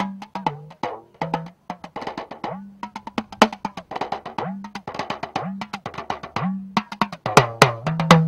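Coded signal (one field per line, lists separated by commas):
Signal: talking drum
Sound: rapid drum strokes with low pitch bending up and down, speech-like rhythm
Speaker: we're going to listen to the talking drum and the language of the drum so that you can hear in this first clip the tap dancing that comes from the drum so this is the first clip number one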